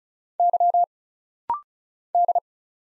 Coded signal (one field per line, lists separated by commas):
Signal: Morse code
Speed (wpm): 35 wpm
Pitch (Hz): 700 Hz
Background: none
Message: Y D